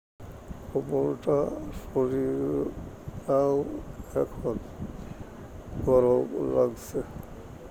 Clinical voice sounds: elicited speech; Bengali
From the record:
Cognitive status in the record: dementia

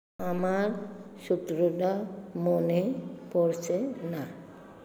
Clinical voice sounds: elicited speech; Bengali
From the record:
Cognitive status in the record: dementia

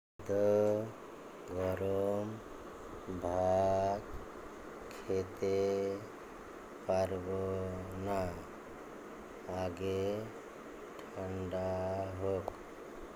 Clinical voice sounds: elicited speech; Bengali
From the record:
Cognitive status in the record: dementia

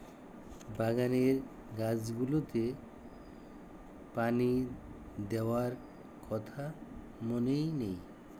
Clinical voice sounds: elicited speech; Bengali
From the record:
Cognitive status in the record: dementia

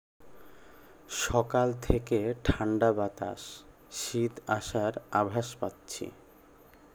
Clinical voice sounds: elicited speech; Bengali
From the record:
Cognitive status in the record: cognitively healthy

